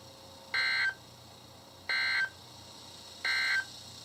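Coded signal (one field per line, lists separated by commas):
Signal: Emergency Alert System (SAME) tones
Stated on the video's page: Marine Warnings from KHB36 and WZ2527, received on weather radios in a car.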